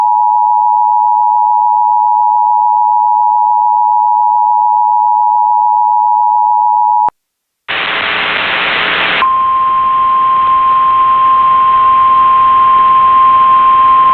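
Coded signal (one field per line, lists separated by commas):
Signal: Emergency Alert System (SAME) tones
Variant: 853 and 960 Hz attention tone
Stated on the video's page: Simulated, fictional EAS scenario within an entertainment film.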